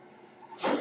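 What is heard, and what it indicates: A soft, steady hiss swells in the last quarter second into a louder, airy rush of flowing air. It is the sound of a person's own home mechanical ventilator delivering a breath.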